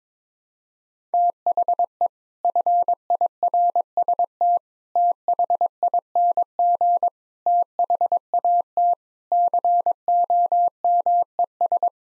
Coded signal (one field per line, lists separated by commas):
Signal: Morse code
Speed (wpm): 22 wpm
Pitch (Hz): 700 Hz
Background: none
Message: THE FIRST THING THAT COMES